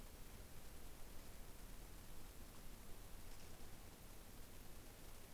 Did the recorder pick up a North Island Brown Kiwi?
no